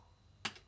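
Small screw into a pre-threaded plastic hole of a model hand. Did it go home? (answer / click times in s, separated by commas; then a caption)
yes / 0.5 s. A small screw is turned backwards with a screwdriver in the pre-threaded hole of the plastic right hand of a DeAgostini RoboCop 1:3 scale model. It drops into the existing thread start with a sharp click at 0.5 s, followed by a fainter tick at 0.7 s. The screw is seated and threads in straight away.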